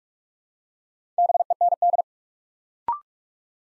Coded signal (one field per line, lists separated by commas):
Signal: Morse code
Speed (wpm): 44 wpm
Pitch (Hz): 700 Hz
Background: none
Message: BEND